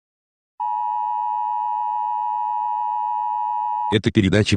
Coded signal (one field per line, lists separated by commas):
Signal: Emergency Alert System (SAME) tones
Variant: 853 and 960 Hz attention tone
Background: speech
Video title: EAS Scenario #38: Chernobyl Wolf Rampage.